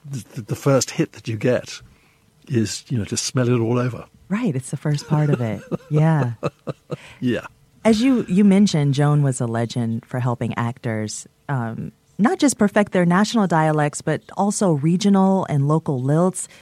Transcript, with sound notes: It's - the first hit that you get is, you know, to smell it all over.
Right. It's the first part of it. Yeah.
(Laughter) Yeah.
As you mentioned, Joan was a legend for helping actors not just perfect their national dialects but also regional and local lilts.